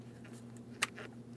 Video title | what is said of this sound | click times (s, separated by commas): How to Replace Hood Latch 2015-2025 Ford Transit 250 | After our audible click, a light tug to make sure everything's secured. | 0.8 s